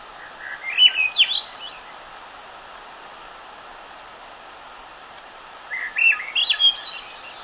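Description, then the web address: Swainson's thrush song: two breezy, flute-like phrases spiralling upward in pitch, separated by about four seconds of quiet background hiss. "birdwatchernj birdsongs thrush swainsons"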